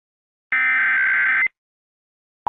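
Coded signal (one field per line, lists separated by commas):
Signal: Emergency Alert System (SAME) tones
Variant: header bursts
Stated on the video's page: Teaser for a mock EAS scenario, simulated alert tones.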